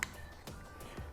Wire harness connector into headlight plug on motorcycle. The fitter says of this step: we can plug the wire harness back in the panel until you hear it click and then